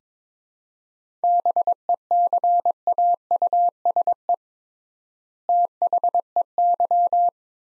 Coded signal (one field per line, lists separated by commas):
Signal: Morse code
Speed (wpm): 22 wpm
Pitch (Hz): 700 Hz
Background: none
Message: BECAUSE THEY